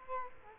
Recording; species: mosquito wingbeat signal from an infrared sensor; Culex quinquefasciatus